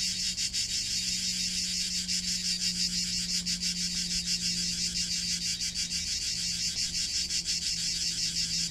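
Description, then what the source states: Cicadas singing, a dense high buzz with a pulsing beat, over a steady low droning hum. Cicada song used as a calming backdrop for a guided nap meditation in Provence.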